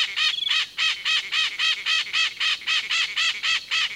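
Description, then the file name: White-eyed parakeet harsh, grating screeches repeated rapidly in a steady series of about four per second. "Psittacara leucophthalmus - White-eyed Parakeet"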